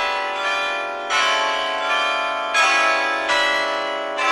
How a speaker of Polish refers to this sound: Ten stracony i zyskany czas odmierza bijący co godzina dzwon w belgradzkim soborze Świętej Sawy, jednej z największych cerkwi na świecie.